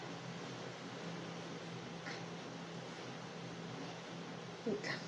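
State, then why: Not seated. A plastic biologic autoinjector pen is pressed against the skin so its needle goes down, with the plunger at the end of its travel while the dose finishes. A steady low hum runs throughout, with faint brief rustles near 2.1 s and a louder handling burst around 4.7–5.0 s. Nothing has clicked yet: the pen's second click, which marks the end of the dose, has not sounded when the clip ends.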